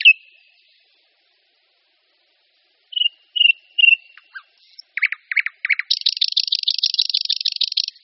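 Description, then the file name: Thrush nightingale song: a sharp note, a pause, several clear repeated whistles and low knocks, then a fast dry buzzing rattle to the end. "Slavík-tmavý"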